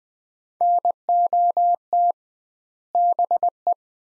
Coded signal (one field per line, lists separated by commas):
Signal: Morse code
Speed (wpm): 20 wpm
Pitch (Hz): 700 Hz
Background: none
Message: NOT BE